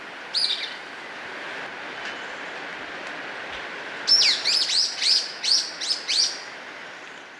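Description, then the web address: Golden-crowned flycatcher calling: a single high squeaky note, then a quick run of several sharp, high notes over a steady hissing background. Ecuador. "Birds of Ecuador. Golden-crowned Flycatcher"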